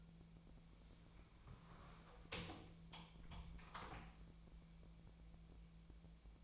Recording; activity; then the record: daily activity, microphone in the room; close door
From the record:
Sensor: 1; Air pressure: 1000.5 hPa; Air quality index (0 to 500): 180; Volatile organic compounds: 4 ppm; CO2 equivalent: 1670 ppm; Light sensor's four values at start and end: 12/29/12/14 and 12/29/12/14